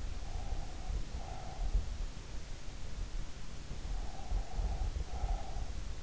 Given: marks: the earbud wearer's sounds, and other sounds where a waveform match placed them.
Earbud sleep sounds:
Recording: sounds in sleep by an in-ear microphone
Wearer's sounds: breath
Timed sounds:
0.00-1.90 s: breath
3.81-5.88 s: breath

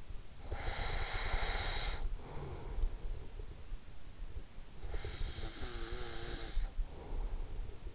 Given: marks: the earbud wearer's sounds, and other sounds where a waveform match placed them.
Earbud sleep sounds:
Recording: sounds in sleep by an in-ear microphone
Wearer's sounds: breath, snoring breath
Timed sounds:
0.53-3.55 s: breath
4.61-7.95 s: snoring breath

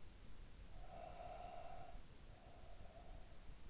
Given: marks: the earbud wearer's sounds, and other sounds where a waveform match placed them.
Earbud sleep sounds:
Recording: sounds in sleep by an in-ear microphone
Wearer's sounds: breath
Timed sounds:
0.45-3.70 s: breath

